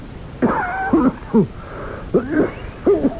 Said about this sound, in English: That's a wicked cough, Professor Valdemar.